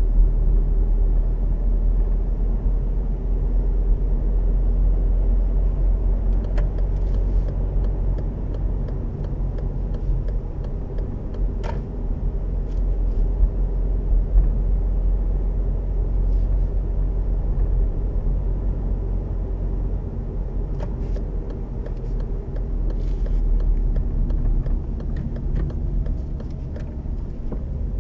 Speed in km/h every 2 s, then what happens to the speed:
34, 36, 37, 37, 38, 37, 37, 37, 38, 38, 35, 32, 27, 23.
0-17 steady at about 37. 17-28 slows to 23.